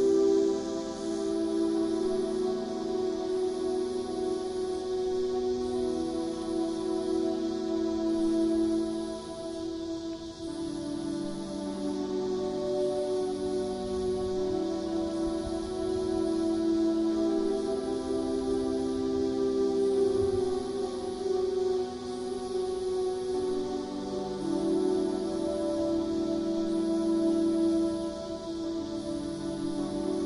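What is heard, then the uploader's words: Summer sounds with music: slow, sustained tones glide and overlap over a low drone, shifting gently every few seconds. A steady high shimmer like insects hangs above it throughout, with faint regular pulses at the very top, and the level stays even. 1 hour of summer sounds with music.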